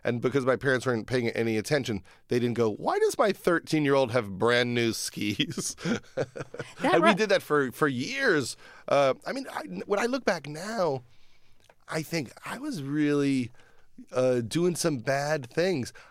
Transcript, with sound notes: and because my parents weren't paying any attention, they didn't go, why does my 13-year-old have brand-new skis? (Laughter) And we did that for years. I mean, when I look back now, I think I was really doing some bad things.